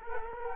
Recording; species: mosquito wingbeat signal from an infrared sensor; Culex quinquefasciatus